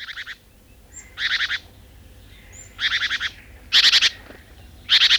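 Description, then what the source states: Great tit alarm call: harsh, buzzy churring rattles in short bursts, spaced irregularly, with faint thin high notes between them. Alarm call, one of its many calls.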